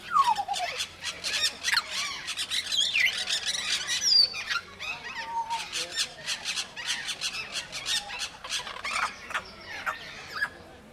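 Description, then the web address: Grey parrot chatter: a dense run of harsh squawks and clicks, broken by a few sliding whistled notes, fading toward the end. At Nyíregyháza Zoo in 2019, in calm surroundings. "jako papagaj nyugiskornyezet nyiregyhaza"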